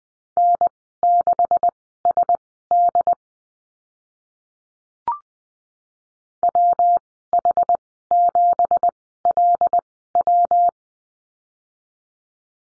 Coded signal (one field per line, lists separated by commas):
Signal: Morse code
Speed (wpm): 20 wpm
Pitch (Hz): 700 Hz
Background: none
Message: N6SD WH7LW